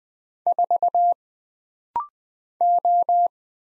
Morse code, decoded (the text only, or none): 4 O